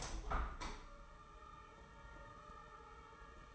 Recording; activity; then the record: daily activity, microphone in the room; open window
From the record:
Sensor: 1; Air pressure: 999.8 hPa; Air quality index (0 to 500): 231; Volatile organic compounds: 92 ppm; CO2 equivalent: 3698 ppm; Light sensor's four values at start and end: 10/25/10/11 and 11/27/11/12